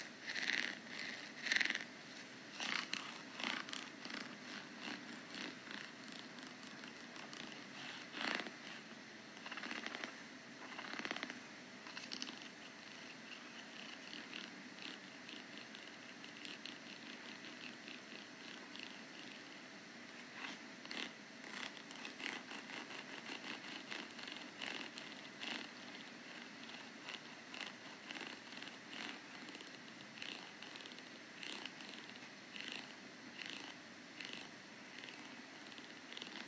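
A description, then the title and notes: Scratching goes on for the whole stretch, a dense run of short, dry rasps that crowd together with no steady rhythm. Sharper, brighter strokes stand out near the start and again around eight to twelve seconds, over a low, even rumble underneath. Asmr - scratching. Usei um pente púrpura para fazer esse asmr. O som me lembra o ronronar de um gatinho.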